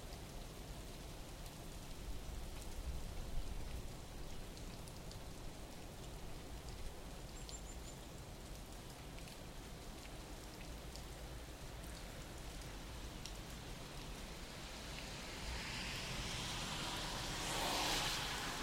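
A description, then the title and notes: Morning rain falls steadily, a dense, even patter that holds from start to finish. A brief, faint bird chirp sounds around seven seconds. Near the end a car swells in with a rising hiss, growing loudest in the final seconds. Morning Rain, Birds, and the Occasional Car. I woke up early to the sound of rain and just parked my microphones by my front door and went back to bed. You can hear a few birds and the passing cars.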